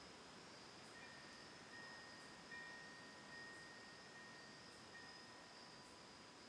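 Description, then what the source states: Cricket keeps up a continuous high-pitched trill while a windbell rings gently several times beneath it. Autumn night recorded Oct. 10, 2020 at a lakeside home in Ithaca, New York; wind off Cayuga Lake through trees and a tolling windbell present.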